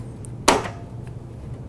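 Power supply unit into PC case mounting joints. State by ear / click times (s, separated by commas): seated / 0.5 s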